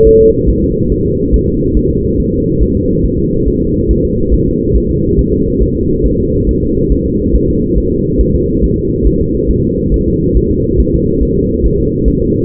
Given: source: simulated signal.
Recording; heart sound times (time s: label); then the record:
fetal heart sounds
0.07 s: S1
0.21 s: S2
0.49 s: S1
0.64 s: S2
0.92 s: S1
1.06 s: S2
1.34 s: S1
1.48 s: S2
1.77 s: S1
1.91 s: S2
2.20 s: S1
2.34 s: S2
2.63 s: S1
2.77 s: S2
3.06 s: S1
3.20 s: S2
3.48 s: S1
3.62 s: S2
3.91 s: S1
4.05 s: S2
4.34 s: S1
4.48 s: S2
4.76 s: S1
4.91 s: S2
5.19 s: S1
5.33 s: S2
5.62 s: S1
5.77 s: S2
6.06 s: S1
6.20 s: S2
6.49 s: S1
6.63 s: S2
6.92 s: S1
7.06 s: S2
7.35 s: S1
7.50 s: S2
7.78 s: S1
7.93 s: S2
8.21 s: S1
8.35 s: S2
8.64 s: S1
8.78 s: S2
9.07 s: S1
9.21 s: S2
9.51 s: S1
9.65 s: S2
9.94 s: S1
10.08 s: S2
10.37 s: S1
10.51 s: S2
10.80 s: S1
10.95 s: S2
11.23 s: S1
11.37 s: S2
11.66 s: S1
11.80 s: S2
12.08 s: S1
12.22 s: S2
From the record:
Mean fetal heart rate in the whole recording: 140 bpm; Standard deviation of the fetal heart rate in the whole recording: 2 bpm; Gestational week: 34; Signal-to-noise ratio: -14.7 dB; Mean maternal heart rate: 72 bpm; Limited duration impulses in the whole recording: present